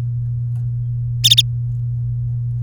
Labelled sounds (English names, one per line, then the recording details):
Domestic Canary song
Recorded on 3 May 2018 at 16:53
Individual llb3